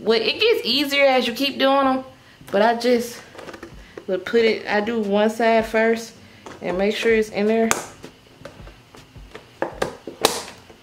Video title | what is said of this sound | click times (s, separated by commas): AMAZON SHOE BOX REVIEW AND ASSEMBLY + SHOE CLOSET ORGANIZATION | and then it click and once you hear that click then you do the other side and | 10.2 s